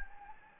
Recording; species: mosquito wingbeat signal from an infrared sensor; Anopheles gambiae